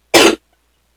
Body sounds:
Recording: coughing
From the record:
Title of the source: 61 morning phlegmy cough...again

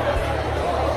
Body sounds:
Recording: background sound without coughing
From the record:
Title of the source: CITY SOUNDS Busy Bar in the Evening Night - 2 HOURS of Ambiance for Relaxation

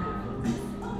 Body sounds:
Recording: background sound without coughing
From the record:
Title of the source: 60 minutes of coffee shop sounds for study and concentration

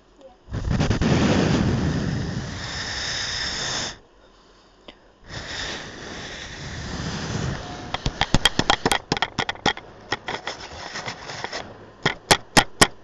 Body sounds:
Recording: background sound without coughing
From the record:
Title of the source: wind

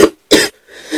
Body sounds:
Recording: coughing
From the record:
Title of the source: 55 gaggy wet cough

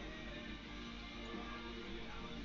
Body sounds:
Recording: background sound without coughing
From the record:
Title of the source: BackgroundMusic

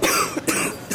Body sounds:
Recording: coughing mixed with background sound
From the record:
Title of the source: 31 night wet cough

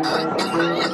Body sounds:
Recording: coughing mixed with background sound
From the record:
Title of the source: choking, hacking coughing

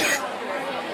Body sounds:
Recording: coughing mixed with background sound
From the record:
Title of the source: 30 Chesty and wet cough

